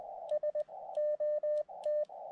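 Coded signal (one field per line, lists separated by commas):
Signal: Morse code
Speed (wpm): 20 wpm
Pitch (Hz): 590 Hz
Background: radio noise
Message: SOT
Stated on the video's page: Summit activation using a 10 W radio.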